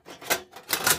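An electrician pushes the exhaust fan unit into the metal housing of a bathroom fan/heater/light combo. After brief bursts of handling noise, one sharp hit sounds at 0.7 s as the fan module pops into the housing and seats.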